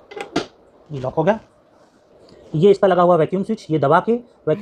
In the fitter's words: आप ये लॉक हो गया,